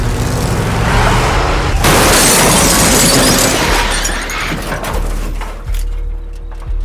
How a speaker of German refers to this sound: als ein Lincoln Town Car mit 100 Meilen in den Drugstore rauscht.